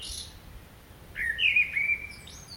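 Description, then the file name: Common blackbird giving a single brief, rich warbled phrase. "Turdus merula"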